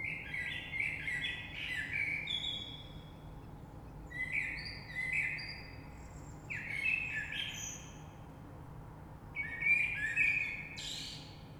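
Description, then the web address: Common blackbird song: a series of rich, fluty warbling phrases, each ending in higher squeaky notes, separated by short pauses, against low background noise. Recorded 3 March 2020. "oiseaux Rush Merle 3-3-2020"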